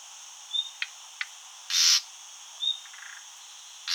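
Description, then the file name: Common nightingale calls: a thin high whistle, two sharp clicks, a loud, harsh rasp, then another thin whistle, with another rasp starting at the end. "Luscinia megarhynchos"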